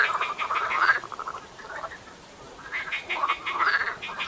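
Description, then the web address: Marsh frogs giving bursts of rattling croaks at the start and end, with a quieter stretch in the middle. Frogs calling at the Tävsmoor. "seefrosch. rufen jetzt die froesche im taevsmoor"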